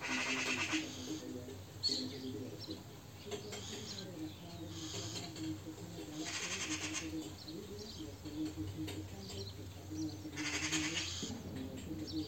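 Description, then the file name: Eurasian magpie giving several short, harsh chattering bursts at intervals, against a low background hum. "Pica pica"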